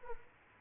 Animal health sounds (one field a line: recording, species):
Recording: mosquito wingbeat signal from an infrared sensor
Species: Aedes aegypti